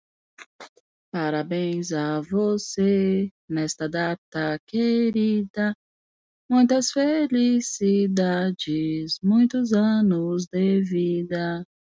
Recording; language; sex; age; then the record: short text; Brazilian Portuguese; female; 30 to 39 years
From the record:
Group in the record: control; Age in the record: 36 years